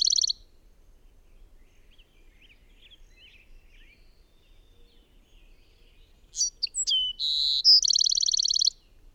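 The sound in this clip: Bird song: a trill cuts off at the start, then a long pause with faint twitters, then chips, a held tone and a fast buzzy trill.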